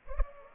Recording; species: mosquito wingbeat signal from an infrared sensor; Culex pipiens